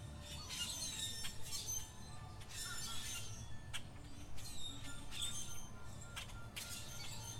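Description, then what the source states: Harsh bird squawks and chirps come in repeated bursts every second or so, with a steady low hum beneath. Birds chirping at Zoo Miami.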